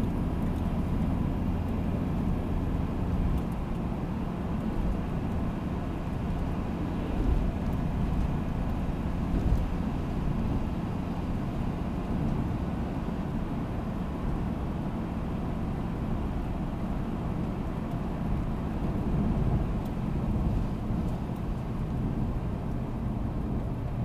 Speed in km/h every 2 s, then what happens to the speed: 83, 84, 83, 86, 84, 85, 83, 83, 82, 82, 78, 73.
0-18 steady at about 83. 18-24 slows to 73.